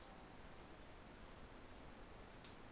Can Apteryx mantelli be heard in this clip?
no